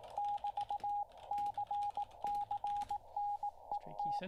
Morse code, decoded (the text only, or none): <BT> CCNET